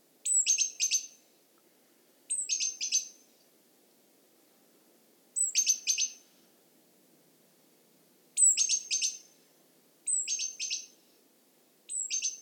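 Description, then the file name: Great tit calls: a thin high note sliding down into a burst of harsh chattering notes, repeated in groups every two to three seconds in a quiet background. "Parus major"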